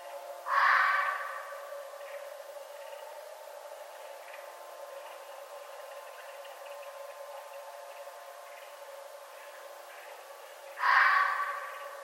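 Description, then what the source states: Red fox calling twice, each a short hoarse rasping cry, about ten seconds apart with quiet hum between. Recorded 11 November 2011.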